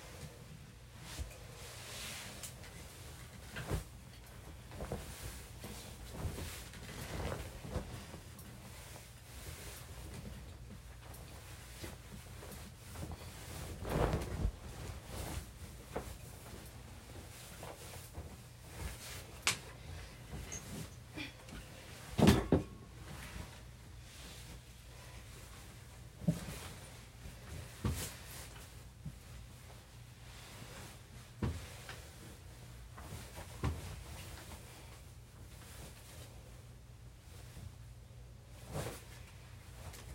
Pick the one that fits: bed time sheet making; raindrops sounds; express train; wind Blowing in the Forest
bed time sheet making